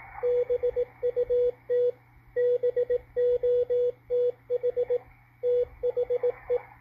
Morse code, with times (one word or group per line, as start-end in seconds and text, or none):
0.2-1.9 BUT
2.4-5.0 BOTH
5.4-6.6 THE